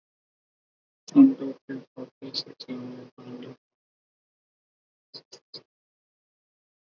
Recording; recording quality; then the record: counting at a fast pace; poor, much background noise or distortion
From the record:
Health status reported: healthy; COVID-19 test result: negative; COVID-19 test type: RT-PCR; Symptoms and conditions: fever, muscle pain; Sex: female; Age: 45 years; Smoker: no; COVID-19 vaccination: both doses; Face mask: worn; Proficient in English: yes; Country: India